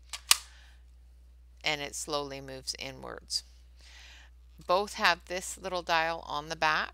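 The pencil-holding clamp of a hand-crank pencil sharpener is pulled out and latches in its open position with one sharp click at 0.3 s, locking in place. Someone then talks over quiet background. The clamp is meant to move slowly inward as the pencil is sharpened.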